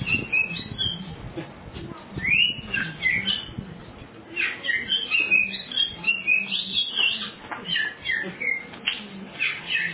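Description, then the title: Oriental magpie-robin song, a steady run of quick chirps and short whistled notes over a low, constant hum and background noise. "Kacer"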